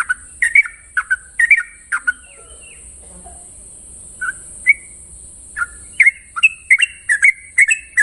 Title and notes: Masteran Trucukan Ropel Panjang. Kicau Burung Trucukan